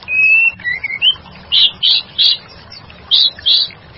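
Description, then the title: White-rumped shama song: a long steady whistle and a few short rising whistles, then five harsh buzzy bursts topped with sharp high clicks, in a quick group of three and a pair after a short pause. "murai batu"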